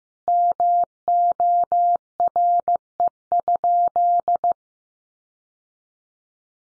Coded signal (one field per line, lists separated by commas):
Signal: Morse code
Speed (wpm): 15 wpm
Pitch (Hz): 700 Hz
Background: none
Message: MORE?